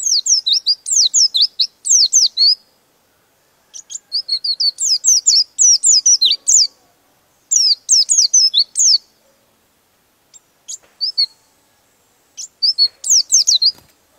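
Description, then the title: Bird song made of rapid, high, sharply falling chirps in repeated phrases, with a few isolated single notes during a quieter spell. Used for training songbirds. "Master Burung Jos"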